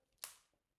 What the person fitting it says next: Oh my god. Can you hear that like clicking sound?